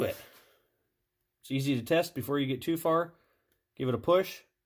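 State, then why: Not seated. Someone talks while handling the spark plug boot on the new coil wire of a Stihl 026 chainsaw, pushing it toward the spark plug terminal to test the fit. Only speech is heard, with a brief faint sound at the start, and nothing has seated or clicked yet.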